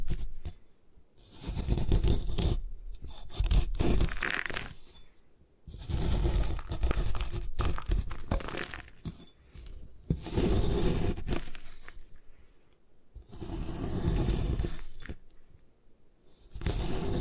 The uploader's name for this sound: Destroy Gym Chalk